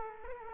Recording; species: mosquito wingbeat signal from an infrared sensor; Culex quinquefasciatus